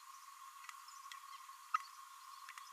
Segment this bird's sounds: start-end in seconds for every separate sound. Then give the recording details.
1.74-1.77. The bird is a female. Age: 26 days. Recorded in a nest box in Venezuela. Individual 17B32A7